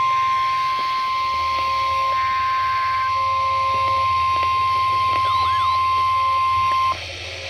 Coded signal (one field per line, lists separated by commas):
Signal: Emergency Alert System (SAME) tones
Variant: 1050 Hz attention tone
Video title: Missed EAS AND EAS #54